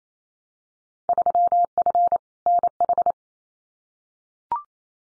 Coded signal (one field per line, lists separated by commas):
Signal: Morse code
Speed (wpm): 28 wpm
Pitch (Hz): 700 Hz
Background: none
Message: 3F NH